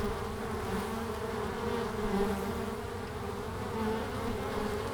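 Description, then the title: Honey bees producing an even, droning buzz with small rises and dips as individual bees pass, a steady low rumble beneath. Langel, Köln, Germany, in March at 20 °C during sunny hours; many bees flying out; recorder placed directly below the hive entrance hole; some bees briefly caught in the windshield fur. "Langel, Köln, Deutschland - Bienen im März. Bees in march"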